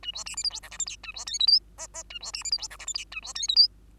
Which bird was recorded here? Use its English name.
Bengalese Finch